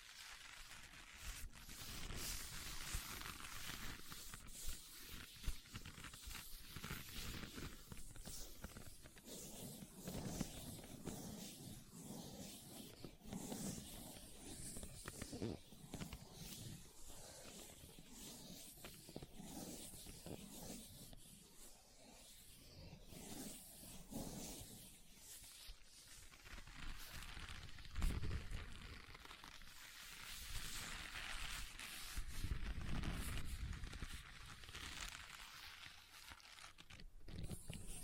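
Leather being tapped and scratched in a dense, continuous run of small rubbing and scraping strokes, bright and hissy with a soft low thump underneath. The texture barely pauses over the whole stretch, with a slightly quieter patch around the twenty-two second mark.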